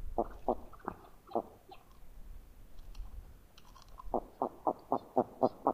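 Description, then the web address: Northern pintail giving short notes in two bursts, with a pause between them; the second burst is evenly paced, about four notes a second. Common western North American species. "Songs of Birds of North America Know Your Bird Sounds. Northern Pintail"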